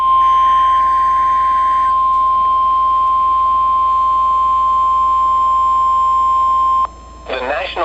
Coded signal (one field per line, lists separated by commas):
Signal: Emergency Alert System (SAME) tones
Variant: 1050 Hz attention tone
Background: speech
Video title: Severe Thunderstorm Watch (EAS #293)